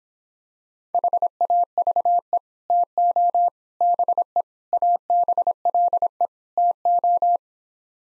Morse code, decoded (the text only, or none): HAVE TO BE ABLE TO